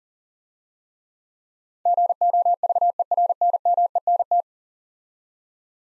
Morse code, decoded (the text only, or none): GOVERNMENT